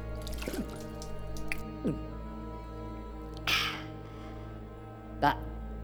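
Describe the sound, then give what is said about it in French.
A single drop of water of life lands with a short, wet plop, set among a few other brief clicks and splashes over a low, steady background hum. “Une seule goutte dans un premier temps.”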